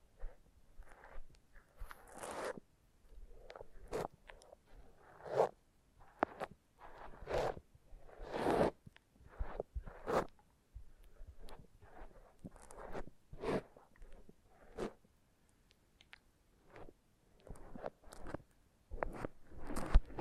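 Foam being rubbed and squeezed in short, irregular strokes, each a scratchy, rustling burst with a bright hiss on top. The strokes come in uneven clusters of roughly one or two per second, with quiet gaps between them, and a faint low rumble underneath throughout.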